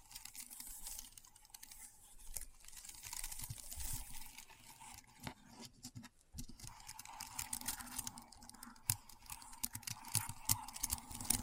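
Keyboard keys clatter in a dense, uneven stream of quick clicks with brief pauses near six seconds and sharper taps later on.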